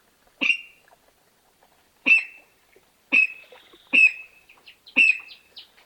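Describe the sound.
Tit calls: short, sharp chip notes with a bright ringing tone, given about once a second in an uneven series of five, over a quiet background.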